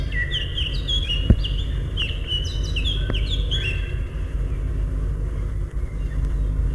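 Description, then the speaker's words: Eurasian Blackcap singing bright phrases of loud, clear whistles that drop in short steps, with a constant low rumble and a few clicks. In forest; described as one of the best forest songbirds. "Это песня Славки Черноголовки, одного из наших лучших лесных певцов."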